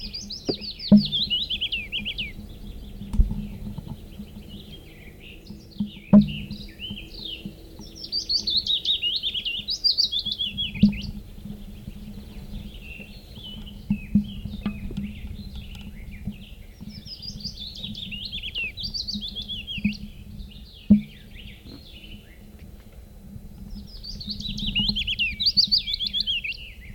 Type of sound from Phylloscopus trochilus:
song